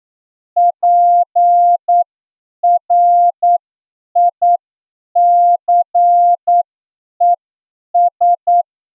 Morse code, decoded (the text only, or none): PRICES